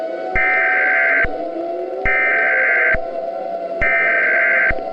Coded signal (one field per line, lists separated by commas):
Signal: Emergency Alert System (SAME) tones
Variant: header bursts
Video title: Purple - An EAS Mini scenario